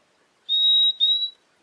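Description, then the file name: Purple-throated euphonia call: two pure, high whistled notes in quick succession, the second slightly rising and shorter, in a quiet background. "Euphonia chlorotica"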